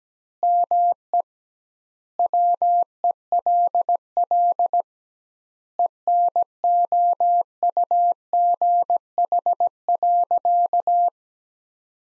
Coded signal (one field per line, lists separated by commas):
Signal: Morse code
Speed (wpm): 17 wpm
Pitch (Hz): 700 Hz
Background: none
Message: ME WELL ENOUGH.